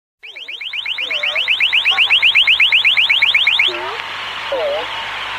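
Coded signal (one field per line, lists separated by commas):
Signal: unidentified radio signal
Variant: sweeping jammer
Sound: fast, bubbling whoops rising over and over, about nine per second, over static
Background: radio static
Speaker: there have been instances where intelligence services on opposing sides have tried to overpower particular transmissions with nonsensical oscillations in times of geopolitical tensions the following example captures this tantalizing drama between nations playing out over the airwaves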